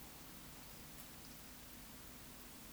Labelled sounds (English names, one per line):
Eurasian Woodcock whistle
Eurasian Woodcock croak